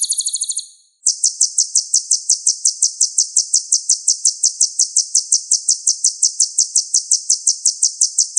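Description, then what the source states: Sunbird song: a brief high trill, a short pause, then a long, evenly pulsed buzzy trill that carries on steadily to the end. Song used as a lure to draw birds into calling.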